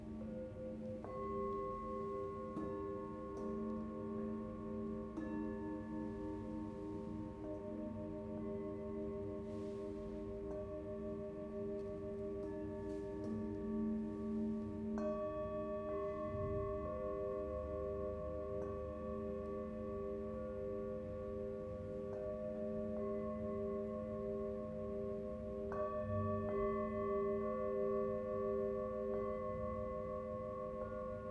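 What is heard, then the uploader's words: Singing bowls are struck one after another, each leaving a long, steady ringing tone that overlaps the others into a dense, sustained chord. New strikes land every few seconds, notably near 1, 15 and 26 seconds, adding fresh bright tones over a soft low hum. Struck all the bowls in turn. I recorded June's three sessions at a rented yoga studio in Kwun Tong she usually holds her sound baths.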